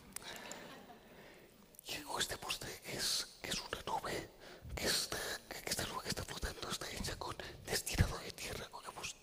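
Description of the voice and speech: Adult man speaking Spanish in a near-whisper without real vocal tone. This is spasmodic dysphonia, a neurological condition (dystonia) that causes involuntary spasms of the larynx.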